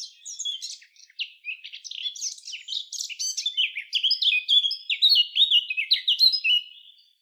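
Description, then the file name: Eurasian blackcap song: a fast, scratchy chattering warble that grows louder and turns into clear, fluty whistled phrases near the end, with no other sounds. "Sylvia atricapilla"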